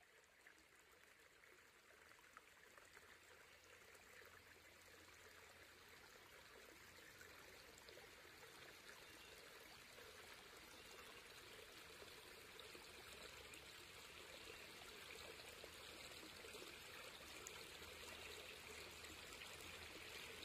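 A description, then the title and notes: A fall nature walk, filled with the steady rush and trickle of a flowing stream. The water sound is dense and unbroken, with a bright hiss over a soft low rumble, and it grows gradually louder across the twenty seconds. Nature Walkabout in Fall.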